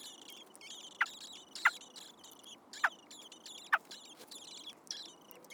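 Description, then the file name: Common blackbird calls, short sharp clicking notes at uneven intervals, over a steady pulsing high insect chorus. "Turdus merula"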